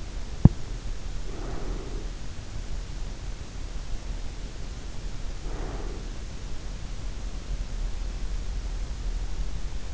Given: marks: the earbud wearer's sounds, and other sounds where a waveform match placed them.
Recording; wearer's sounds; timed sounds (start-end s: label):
sounds in sleep by an in-ear microphone; breath
0.00-2.19 s: breath
4.90-6.34 s: breath